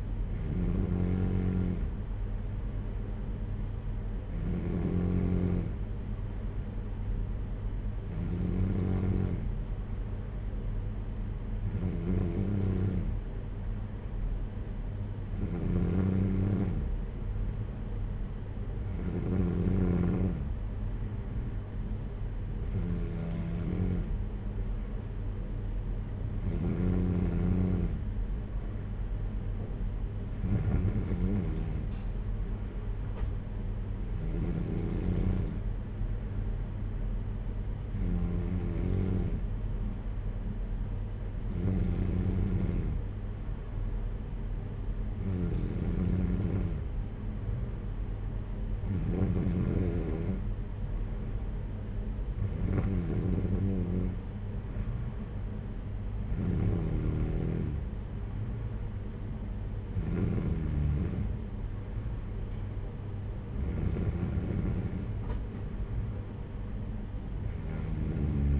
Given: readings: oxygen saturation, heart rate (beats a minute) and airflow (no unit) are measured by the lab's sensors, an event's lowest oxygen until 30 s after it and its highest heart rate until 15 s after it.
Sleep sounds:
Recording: breathing in sleep by a smartphone at the bedside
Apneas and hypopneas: none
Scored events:
63.00-68.60 s: new sleep stage, N3 (deep sleep)
From the record:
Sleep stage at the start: N2 (light sleep)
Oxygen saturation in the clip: 93%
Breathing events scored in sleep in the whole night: 226 in 8.8 hours asleep

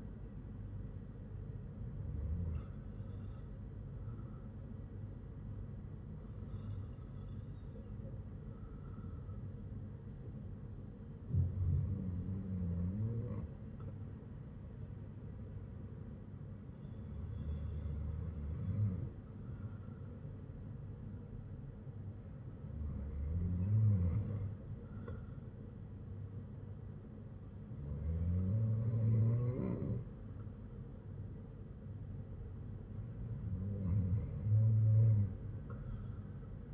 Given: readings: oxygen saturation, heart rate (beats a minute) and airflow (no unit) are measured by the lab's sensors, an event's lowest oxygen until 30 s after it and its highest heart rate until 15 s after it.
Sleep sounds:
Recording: breathing in sleep by a smartphone at the bedside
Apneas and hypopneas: none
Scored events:
none scored
From the record:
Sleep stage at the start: REM sleep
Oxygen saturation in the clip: 94 to 96%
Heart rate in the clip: 54 to 59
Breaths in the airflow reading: 7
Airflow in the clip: -5.0 to 5.3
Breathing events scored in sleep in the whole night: 182 in 7.4 hours asleep

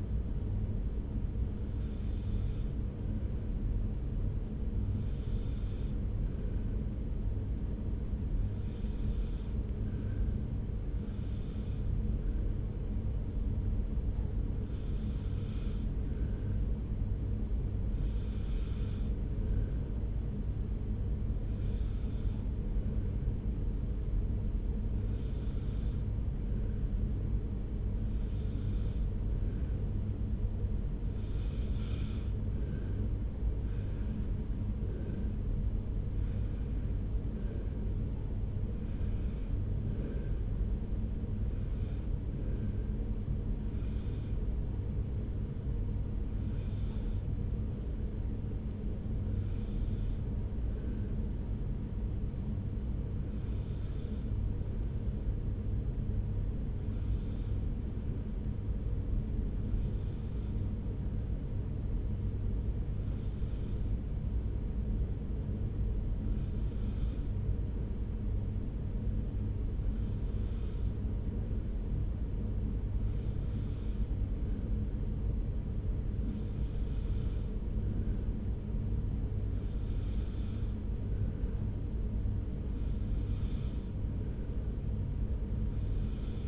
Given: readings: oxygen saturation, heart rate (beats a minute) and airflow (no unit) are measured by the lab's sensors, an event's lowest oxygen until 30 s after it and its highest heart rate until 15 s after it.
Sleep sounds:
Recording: breathing in sleep by a smartphone at the bedside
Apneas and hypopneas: 1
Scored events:
26.00-86.48 s: new sleep stage, N1 (lightest sleep)
51.00-74.60 s: hypopnea (N1, oxygen 95% highest, then 92% lowest)
From the record:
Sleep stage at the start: N2 (light sleep)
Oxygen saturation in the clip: 93 to 95%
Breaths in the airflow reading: 27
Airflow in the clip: -1.6 to 2.5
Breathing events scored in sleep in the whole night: 335 in 6.7 hours asleep

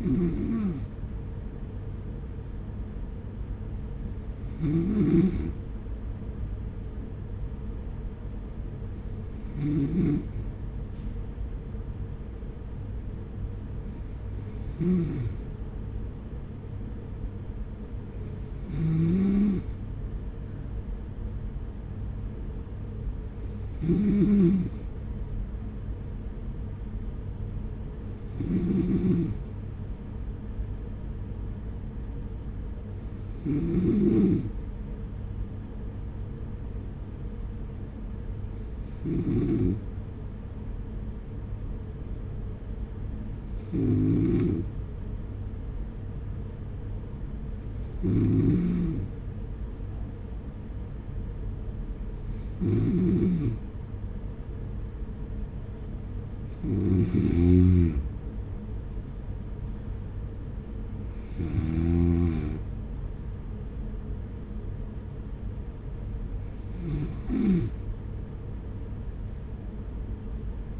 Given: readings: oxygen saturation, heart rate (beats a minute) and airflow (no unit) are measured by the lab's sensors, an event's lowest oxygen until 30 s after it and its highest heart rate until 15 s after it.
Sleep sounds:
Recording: breathing in sleep by a smartphone at the bedside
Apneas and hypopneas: 1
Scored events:
21.00-70.80 s: new sleep stage, N1 (lightest sleep)
36.00-57.80 s: hypopnea (N1, oxygen 95% highest, then 93% lowest, heart rate 44 at the start, 51 highest)
From the record:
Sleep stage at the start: N2 (light sleep)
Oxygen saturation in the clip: 93 to 95%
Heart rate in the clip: 43 to 51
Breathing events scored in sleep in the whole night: 210 in 6.9 hours asleep

